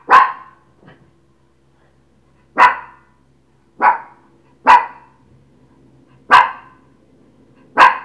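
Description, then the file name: Dog barking: six sharp barks at uneven intervals, over a faint low hum. "chien"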